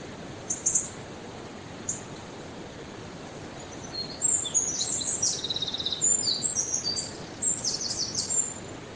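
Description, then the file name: Eurasian wren, high-pitched song: two short bursts early on, then a rapid run of thin, trilled notes from about four seconds onward, over steady background hiss. "Troglodytes troglodytes"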